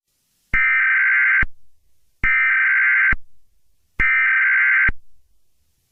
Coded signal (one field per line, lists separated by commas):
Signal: Emergency Alert System (SAME) tones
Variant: header bursts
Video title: EAS Alert about the Coronavirus (COVID-19) in March 17,2020